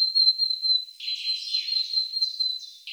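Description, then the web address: Willow tit calling: harsh, buzzy notes repeat from about one second onward over a thin, steady high tone that runs unbroken throughout. "Parus montanus"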